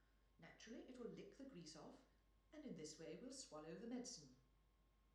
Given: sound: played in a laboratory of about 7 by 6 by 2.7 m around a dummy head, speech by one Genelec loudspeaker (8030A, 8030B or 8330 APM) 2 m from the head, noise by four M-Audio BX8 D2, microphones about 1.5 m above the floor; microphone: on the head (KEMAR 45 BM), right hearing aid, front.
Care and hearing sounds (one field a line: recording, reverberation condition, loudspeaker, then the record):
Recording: female speech in English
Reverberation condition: medium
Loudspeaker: 150 degrees to the right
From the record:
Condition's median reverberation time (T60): about 510 ms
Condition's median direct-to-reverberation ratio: about -0.5 dB